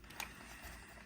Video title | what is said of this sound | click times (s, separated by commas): Transformers Combiner Wars Long Haul | It'll kind of click in place as you do that. | 0.2 s